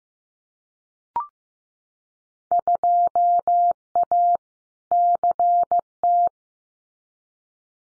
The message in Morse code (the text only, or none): 2A CT